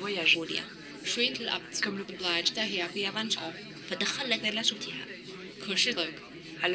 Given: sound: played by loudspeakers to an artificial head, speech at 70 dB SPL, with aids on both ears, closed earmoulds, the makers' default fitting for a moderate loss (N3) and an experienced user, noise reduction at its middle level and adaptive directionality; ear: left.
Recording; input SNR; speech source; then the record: speech test signal (ISTS) in cocktail-party noise; +3 dB; in front (0 degrees)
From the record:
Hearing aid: class 2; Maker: B